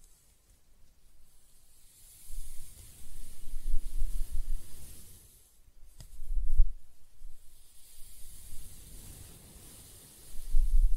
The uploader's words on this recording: ASMR Close-Up Hair Sounds - Scratching, Brushing, Stroking (No Talking).